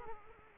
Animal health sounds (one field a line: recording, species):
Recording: mosquito wingbeat signal from an infrared sensor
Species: Culex quinquefasciatus